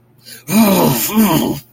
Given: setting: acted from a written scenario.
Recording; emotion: vocal sound without words; contempt